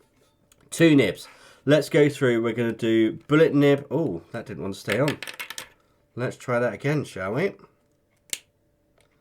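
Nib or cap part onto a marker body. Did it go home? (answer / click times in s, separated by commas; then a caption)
yes / 8.3 s. Someone talks while fitting a plastic nib or cap part onto an art marker body; the first try does not stay on. On the second attempt, the part snaps home with a sharp, satisfying click at 8.3 s, and it is seated.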